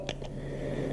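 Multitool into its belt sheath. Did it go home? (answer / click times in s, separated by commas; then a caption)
yes / 0.1 s. A Leatherman Surge multitool is pushed into an R.A.E Gear tactical belt sheath and snaps into its retention with a short, sharp click at 0.1 s. A fainter tick follows at about 0.25 s over a steady low hum. The multitool is seated in the sheath.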